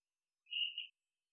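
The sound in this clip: Hourglass treefrog giving one short, high, steady tonal note with a brief drop in loudness midway, lasting under half a second, with silence around it.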